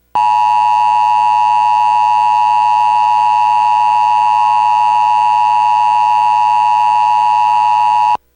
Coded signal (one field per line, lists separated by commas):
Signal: Emergency Alert System (SAME) tones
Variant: 853 and 960 Hz attention tone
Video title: EAS #190: EAS Severe Thunderstorm Warning- Sep. 7, 2017- 4:06PM PDT